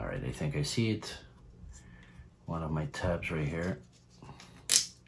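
Someone talks, then presses a wooden tab of a UGears Windstorm Dragon mechanical model into its slot in the plywood model, with a sharp hit at 4.8 s as the tab stops short. The tab is not fully seated, so another approach is tried.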